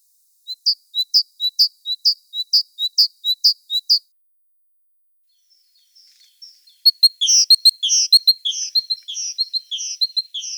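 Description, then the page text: Great tit song, high sharp two-note phrases repeated rapidly several times, followed after a pause by busy chattering high notes. "Большая синица - Синица"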